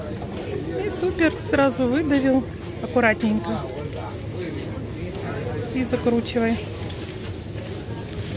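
A plastic screw cap is being turned onto a plastic bottle of fresh orange juice filled at a store's juice machine, and it has not yet been tightened to the click. Someone talks over a steady low hum of background noise. No click is heard, so nothing has seated or clicked yet.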